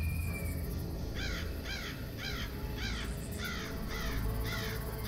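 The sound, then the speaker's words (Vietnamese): A crow perched on a house roof caws loudly over and over, about seven harsh, evenly spaced calls in a steady rhythm, set against a constant low rumble of background noise. “Tiếng con quạ réo lên vang vọng.”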